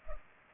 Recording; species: mosquito wingbeat signal from an infrared sensor; Culex pipiens